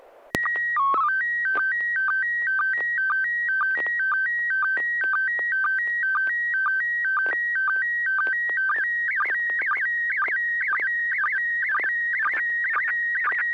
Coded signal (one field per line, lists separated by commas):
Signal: SSTV (slow-scan television)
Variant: PD 120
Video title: N6NA SSTV Net - 11/25/2020